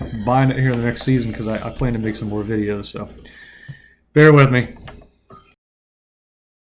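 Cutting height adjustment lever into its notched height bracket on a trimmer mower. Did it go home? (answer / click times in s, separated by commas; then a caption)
yes / 5.5 s. Someone talks while moving the metal cutting-height adjustment lever of a DR Trimmer TR-1 trimmer mower into a notch on its height bracket. A short, faint click is heard at 5.5 s as the lever locks in place.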